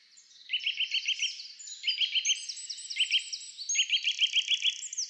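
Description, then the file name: Eurasian nuthatch calling in quick bursts of several sharp notes, the bursts repeated at irregular intervals over a dense, high-pitched background chorus. "Sitta europaea"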